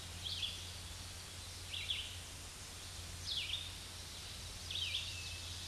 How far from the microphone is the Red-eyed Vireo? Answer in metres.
about 35 m